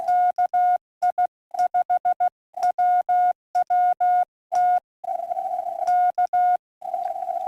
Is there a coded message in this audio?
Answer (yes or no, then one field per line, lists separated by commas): yes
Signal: Morse code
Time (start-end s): 0.1-6.6 s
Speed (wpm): 16 wpm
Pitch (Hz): 1440 Hz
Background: none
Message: KI5WWT K